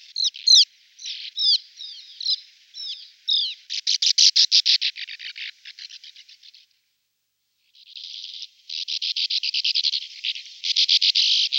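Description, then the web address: Sand martin calls: a string of short chirps, then a burst of buzzy rasping notes, a short silence, and more dry rattling twitters. "Digesvale"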